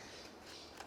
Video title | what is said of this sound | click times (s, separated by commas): Dental Camera Extreme Basics | and it clicks in place. | 0.8 s